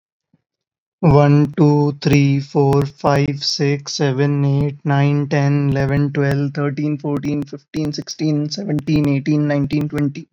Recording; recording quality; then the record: counting at a normal pace; excellent, no background noise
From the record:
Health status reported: COVID-19 positive, no symptoms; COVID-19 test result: positive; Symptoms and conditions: none ticked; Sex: male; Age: 23 years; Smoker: not ticked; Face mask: not worn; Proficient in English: yes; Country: India